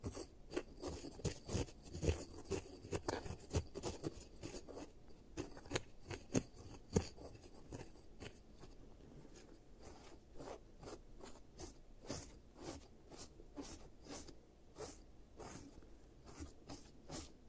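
Teeth treatment sounds of quick scraping and rasping strokes, dense and busy at first, then settling into regular bright swipes about twice a second.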